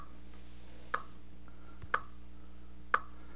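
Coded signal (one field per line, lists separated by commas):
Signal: radio time signal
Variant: WWVH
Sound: three short sharp ticks exactly one second apart over a faint steady tone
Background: low electrical hum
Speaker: the tone, 4 hours 0 minutes. That's the WWVH model.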